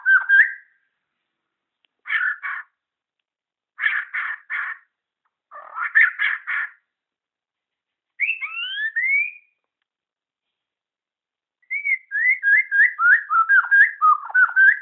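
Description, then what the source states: Shama song in spaced bursts: short harsh rasping clusters repeated every couple of seconds, two upward-slurred whistles, then a rapid run of warbled whistles. Borneo.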